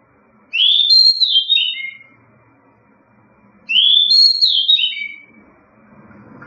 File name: Pticy - drozd shama soroka sejshelskaya